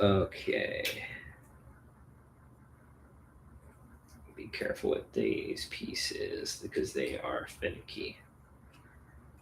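Plastic Lego pieces are handled by hand as they are fitted onto a Lego model, with soft handling sounds while someone talks. Nothing has seated or clicked yet.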